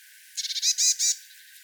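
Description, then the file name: Eurasian blue tit call, a fast burst of thin high notes running into three longer buzzy notes. "Cyanistes caeruleus"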